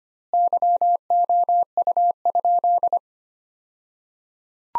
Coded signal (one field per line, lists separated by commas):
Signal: Morse code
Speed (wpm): 25 wpm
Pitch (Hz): 700 Hz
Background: none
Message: YOU?